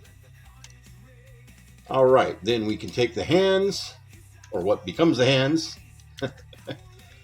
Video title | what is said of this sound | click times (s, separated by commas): TakaraTomy Toyrise T-Spark Genesic GaoGaiGar Review PT2 | and will snap right into place just like so. | 0.6 s